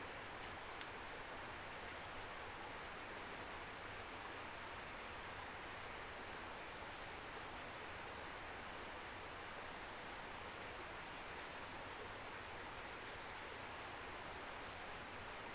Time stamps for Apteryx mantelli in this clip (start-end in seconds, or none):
none